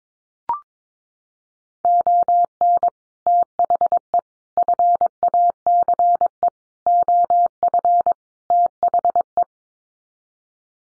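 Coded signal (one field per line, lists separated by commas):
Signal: Morse code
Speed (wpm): 22 wpm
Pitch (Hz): 700 Hz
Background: none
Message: ON THE FACE OF THE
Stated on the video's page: Morse head-copy drill of common five-word groups at 22 wpm, each set sent in code, spoken, then resent.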